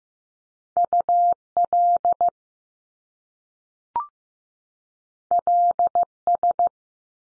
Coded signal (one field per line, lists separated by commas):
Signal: Morse code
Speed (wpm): 15 wpm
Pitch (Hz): 700 Hz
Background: none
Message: U LL S